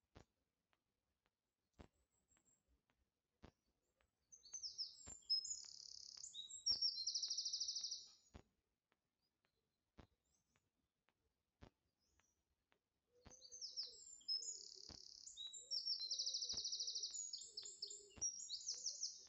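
Outdoors in a safari park, a bird sings two high, bright phrases, one from about 4 to 8 seconds and another from about 13 seconds to the end, each ending in a fast trill. Sharp clicks recur every second or two throughout, against an otherwise quiet background.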